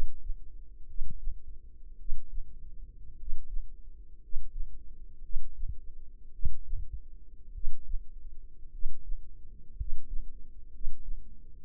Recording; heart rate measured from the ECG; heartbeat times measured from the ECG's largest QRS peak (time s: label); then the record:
heart sounds by microphone in the left ear; 56 bpm
0.84 s: heartbeat
1.95 s: heartbeat
3.15 s: heartbeat
4.18 s: heartbeat
5.20 s: heartbeat
6.30 s: heartbeat
7.50 s: heartbeat
8.69 s: heartbeat
9.74 s: heartbeat
10.69 s: heartbeat
11.65 s: heartbeat
From the record:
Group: healthy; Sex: male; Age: 25 years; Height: 170 cm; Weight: 70.4 kg